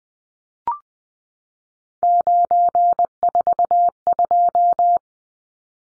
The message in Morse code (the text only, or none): 942